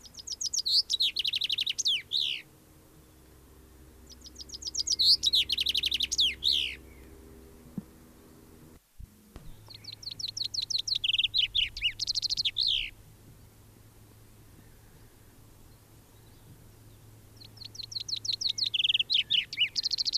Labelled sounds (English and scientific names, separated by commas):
Common Chaffinch (Fringilla coelebs) song